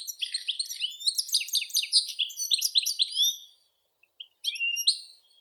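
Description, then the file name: European goldfinch: dense, rapid twittering for over three seconds, a brief quiet gap with faint chirps, then a short bright phrase resumes. "Golosa ptic - CSHegol Carduelis carduelis"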